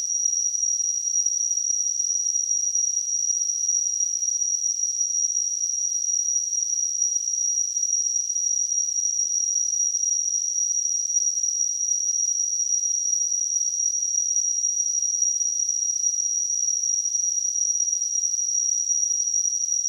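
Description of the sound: Simulated tinnitus: a steady, unbroken high-pitched tone near 6 kHz over a faint hiss, with no change in pitch or loudness throughout.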